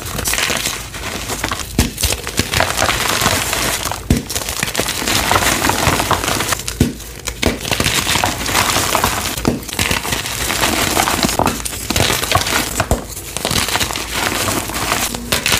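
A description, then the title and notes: Crispy dyed chalk crumbles and crinkles in a dense, continuous stream of bright, dry crackles. The texture stays busy throughout, with sharper snaps standing out every second or two, including strong ones near 2, 4, 7 and 13 seconds. Crispy Dyed Chalk Extravaganza!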